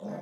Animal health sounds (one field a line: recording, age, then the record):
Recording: pig call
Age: piglet (1 to 25 days)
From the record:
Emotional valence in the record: negative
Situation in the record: short isolation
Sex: male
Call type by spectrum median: low-frequency call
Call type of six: low-frequency stable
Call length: 0.22 s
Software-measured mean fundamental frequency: 66 Hz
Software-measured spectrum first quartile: 208 Hz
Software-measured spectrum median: 391 Hz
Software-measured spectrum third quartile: 634 Hz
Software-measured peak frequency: 207 Hz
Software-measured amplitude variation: 95 dB a second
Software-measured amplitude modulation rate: 25.1 a second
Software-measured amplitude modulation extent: 3.8 dB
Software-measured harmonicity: 3.2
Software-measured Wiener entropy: -0.14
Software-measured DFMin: 989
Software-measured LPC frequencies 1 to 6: 610, 1712, 3562, 5059, 6266, 7258 Hz